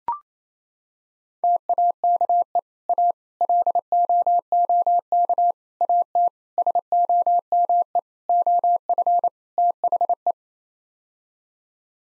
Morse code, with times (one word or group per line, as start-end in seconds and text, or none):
1.4-2.6 TAKE
2.9-3.1 A
3.4-5.5 LOOK
5.8-6.3 AT
6.6-8.0 SOME
8.3-9.3 OF
9.6-10.3 THE